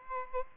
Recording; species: mosquito wingbeat signal from an infrared sensor; Aedes albopictus